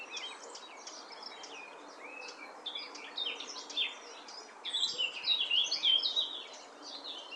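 Eurasian blackcap song: a fast, varied warble of scratchy and clear notes, building into louder fluty phrases toward the end, over steady background hiss.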